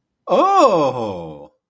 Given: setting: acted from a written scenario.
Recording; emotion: vocal sound without words; positive surprise